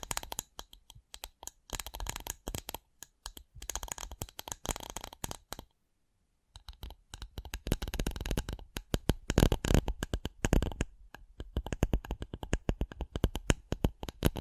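Rapid, irregular tapping in dense clicky bursts, pausing briefly near the start and going fully silent around six seconds before resuming busier and louder.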